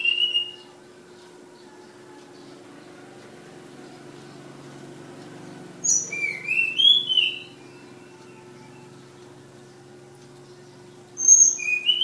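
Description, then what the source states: Flowerpecker song in three short bursts of high, thin, falling whistled notes, separated by quiet gaps, with a faint constant hum underneath. Flowerpecker from Kudus; local names tledekan and sulingan; bird named Ababil.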